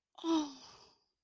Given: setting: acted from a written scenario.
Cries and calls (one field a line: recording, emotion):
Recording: vocal sound without words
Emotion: disappointment